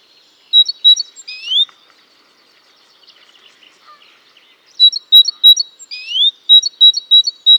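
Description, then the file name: Great tit calling with a few clipped high notes and an upward-sweeping whistle, followed after a quiet gap by a longer burst of rapid repeated notes. "Parus major"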